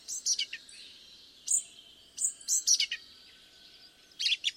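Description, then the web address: Song thrush song: clipped high phrases of sharp notes and short whistles, repeated after brief pauses, over a steady low background rumble. "cianscape birddata 2025"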